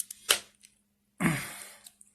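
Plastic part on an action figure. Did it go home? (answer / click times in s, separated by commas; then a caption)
yes / 0.3 s. A plastic part or joint on an action figure is pushed into position by hand, and it clicks into place with a loud, sharp click at 0.3 s, possibly a ratcheting joint being posed rather than a part being fitted. A few small ticks come before it. A longer rustling, scraping burst follows around 1.3 s, with faint ticks near 1.9 and 2.0 s and a steady low hum underneath.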